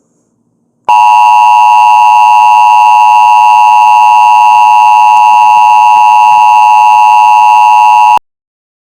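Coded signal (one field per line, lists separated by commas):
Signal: Emergency Alert System (SAME) tones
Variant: 853 and 960 Hz attention tone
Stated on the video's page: Fictional Christmas scenario alert, simulated rather than a real broadcast.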